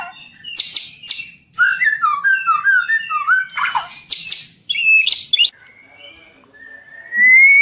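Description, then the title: White-rumped shama singing rich fluting whistles mixed with harsh buzzy bursts and quick twitters, ending in a long, clear rising whistle. Song used for training caged birds. "MASTERAN MURAI BATU LABAIK"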